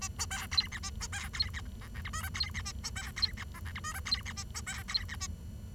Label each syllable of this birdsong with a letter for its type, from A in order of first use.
A B C D E A B C D E F G H I J D E A B C D E F G H I J D E A B C D E A